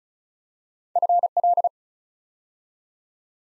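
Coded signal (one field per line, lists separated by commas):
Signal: Morse code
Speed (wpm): 36 wpm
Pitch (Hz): 700 Hz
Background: none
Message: FL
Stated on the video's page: Morse practice building 4-letter words two letters at a time at 35 wpm, for instant character recognition.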